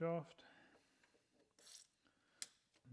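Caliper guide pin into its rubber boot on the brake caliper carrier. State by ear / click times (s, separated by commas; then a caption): seated / 2.4 s. A greased steel brake caliper guide pin (slider shaft) on an MG ZS 180 is pushed into its rubber dust boot on the brake caliper carrier until the boot pops over. Someone talks at the start, then quiet handling sounds follow. A short sharp pop at 2.4 s marks the pin seating in the boot.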